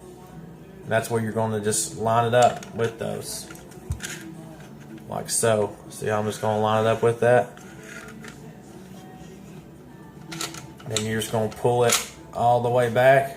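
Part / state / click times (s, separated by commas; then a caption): pistol slide onto pistol frame / not seated / none. A Smith and Wesson SD40 VE pistol slide is lined up with the markings on the pistol frame and moved into position during reassembly, with a few small handling knocks while someone talks. Nothing has seated or clicked yet.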